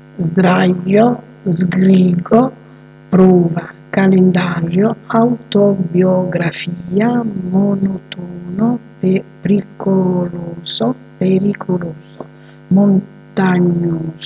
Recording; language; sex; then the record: read list of words; Italian; female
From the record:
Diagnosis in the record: healthy control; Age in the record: 62 years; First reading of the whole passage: 101 s, 4.7 characters per second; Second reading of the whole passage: 77 s, 5.9 characters per second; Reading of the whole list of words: 66 s, 3.9 characters per second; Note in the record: marked for poor recording quality or reading difficulty